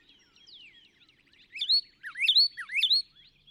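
Northern cardinal singing three loud, slurred whistled phrases in quick succession, preceded by softer chirps and twitters.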